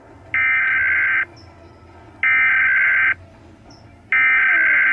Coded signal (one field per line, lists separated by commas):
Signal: Emergency Alert System (SAME) tones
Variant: header bursts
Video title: Oofie Rating (and Reacting to) EAS Alarms